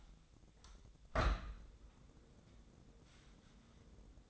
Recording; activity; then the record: daily activity, microphone in the room; open window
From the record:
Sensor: 3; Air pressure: 1012.2 hPa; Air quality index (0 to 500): 132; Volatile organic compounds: 2 ppm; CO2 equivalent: 1023 ppm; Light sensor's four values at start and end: 174/417/170/156 and 171/410/167/155